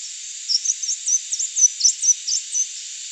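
Crimson sunbird singing a thin, very high twittering song of quick rising and falling notes over a faint steady hiss.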